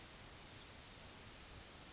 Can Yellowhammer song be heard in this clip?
no